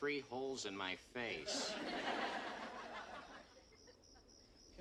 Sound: laughter